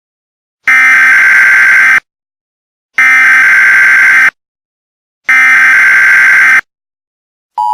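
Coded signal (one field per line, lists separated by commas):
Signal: Emergency Alert System (SAME) tones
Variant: header bursts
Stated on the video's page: Simulated EAS scenario for a fictional alien invasion.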